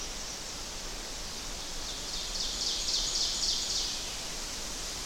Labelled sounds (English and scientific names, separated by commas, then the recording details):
Ovenbird (Seiurus aurocapilla) song
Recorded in boreal forest in Alberta, Canada, on 10 June 2016 at 06:54
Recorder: SongMeter 3, array SBT-3-39
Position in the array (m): 198 m, 75 m
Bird 17